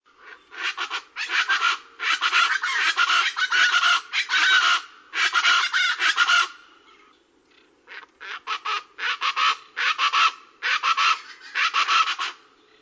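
Plain chachalaca giving loud, harsh, rhythmic cackling calls in repeated bursts, pausing briefly near the eighth second before resuming.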